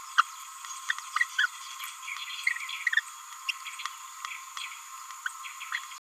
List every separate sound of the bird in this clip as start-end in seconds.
0.18-0.22, 0.89-0.92, 1.16-1.24, 1.39-1.46, 2.47-2.53, 2.87-2.89, 3.49-3.51, 3.67-3.69, 5.26-5.28, 5.72-5.78